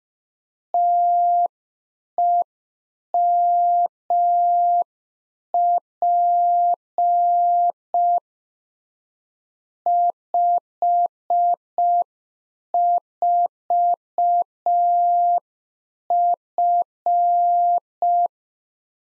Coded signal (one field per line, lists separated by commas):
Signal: Morse code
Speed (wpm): 5 wpm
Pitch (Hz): 700 Hz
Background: none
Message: TEMP 54F